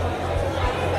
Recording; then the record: background sound without coughing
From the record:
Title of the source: CITY SOUNDS Busy Bar in the Evening Night - 2 HOURS of Ambiance for Relaxation